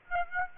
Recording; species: mosquito wingbeat signal from an infrared sensor; Aedes aegypti